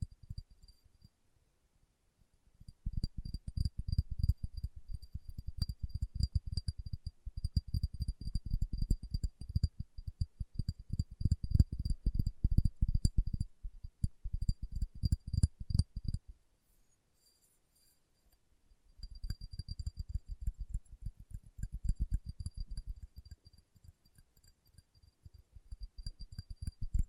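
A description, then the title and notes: Fingertip tapping in dense, rapid bursts of soft low thuds, with quiet pauses near 2 seconds and around 17 seconds, plus faint high ticking. ASMR Tapping with Fingertips (No Talking).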